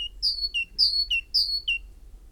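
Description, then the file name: Great tit repeating a bright see-saw song, high then lower whistled notes alternating evenly. "Parus major"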